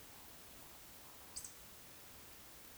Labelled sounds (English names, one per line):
Eurasian Woodcock whistle